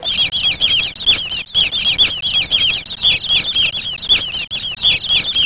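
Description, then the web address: Birds chattering: a dense, continuous stream of quick high chirps and squeaky notes from several callers, with two brief cuts in the sound. "特酷声音素材库 动物 鸟 Bird"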